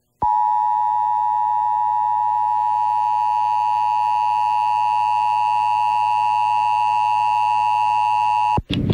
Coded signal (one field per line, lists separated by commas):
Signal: Emergency Alert System (SAME) tones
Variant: 853 and 960 Hz attention tone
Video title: EAS #515: EAS Required Monthly Test- June 7, 2021- 12:15AM PDT